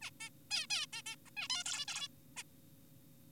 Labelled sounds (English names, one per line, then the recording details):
Zebra Finch
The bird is an adult
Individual g4p5U